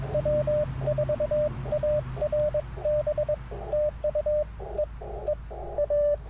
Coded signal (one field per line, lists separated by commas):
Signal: Morse code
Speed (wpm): 22 wpm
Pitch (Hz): 590 Hz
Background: radio noise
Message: W4ARB TU E E A